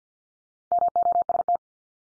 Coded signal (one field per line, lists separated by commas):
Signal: Morse code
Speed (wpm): 48 wpm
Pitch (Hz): 700 Hz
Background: none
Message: MOST